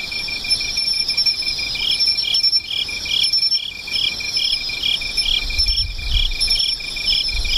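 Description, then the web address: Insect song chorus, with a high steady drone, a quick pulsed trill and a series of soft chirps, plus brief high squeaks. "cats nishikawa 201110 mushinokoi"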